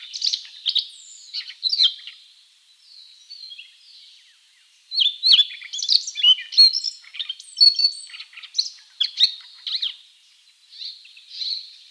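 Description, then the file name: Siberian rubythroat song: a rambling series of sweet whistles, buzzy notes and twittering trills, quieter in the middle, then a dense energetic phrase. "solovey krasnosheyka golos"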